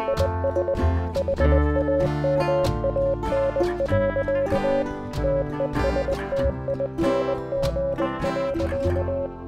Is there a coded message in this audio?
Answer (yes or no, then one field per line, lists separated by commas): yes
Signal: Morse code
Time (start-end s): 0.1-9.3 s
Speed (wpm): 20 wpm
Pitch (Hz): 550 Hz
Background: music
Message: IS HAMAN. TESTING.